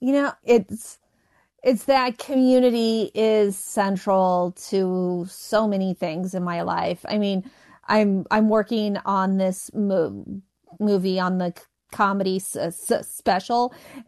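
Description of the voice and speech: An adult woman, a comedian and author who stutters, speaks with repeated sounds and words ('I'm, I'm'), prolonged sounds and pauses, typical of stuttering.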